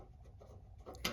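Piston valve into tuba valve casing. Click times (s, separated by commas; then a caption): 1.1 s. A tuba piston valve is placed back into its metal valve casing and turned to the right until its guide locks into place. Soft rubbing and scraping lead to a faint tick at 0.9 s, then a sharp metallic click at 1.1 s as the valve locks in. The valve is seated and locked.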